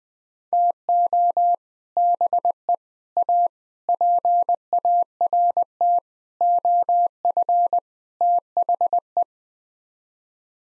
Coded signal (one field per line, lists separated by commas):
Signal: Morse code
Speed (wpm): 20 wpm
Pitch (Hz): 700 Hz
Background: none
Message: TO BE A PART OF THE